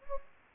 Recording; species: mosquito wingbeat signal from an infrared sensor; Anopheles gambiae